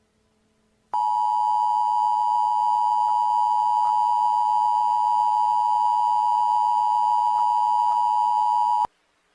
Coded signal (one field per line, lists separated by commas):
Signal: Emergency Alert System (SAME) tones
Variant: 853 and 960 Hz attention tone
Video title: EAS Severe Thunderstorm Watch